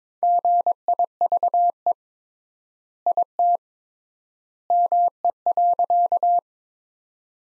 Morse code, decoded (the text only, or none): GIVE IT ME.